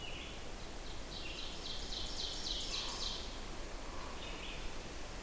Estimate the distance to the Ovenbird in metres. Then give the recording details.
about 60 m. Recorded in boreal forest in Alberta, Canada, on 14 June 2016 at 07:20. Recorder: SongMeter 3, array SBT-3-33. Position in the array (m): 96 m, 142 m. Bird 21